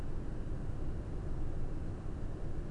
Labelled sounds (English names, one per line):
none